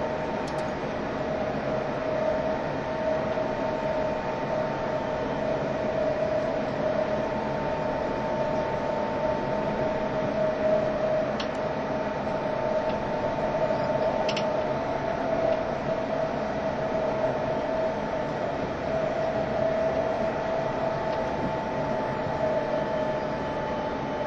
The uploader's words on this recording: E351系 Sあずさ18号. 松本～新宿. 速達運用だった＂スーパーあずさ18号＂の列車走行音(静止画)です。 Train running sound.